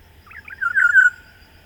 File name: Oriolus Sagittatus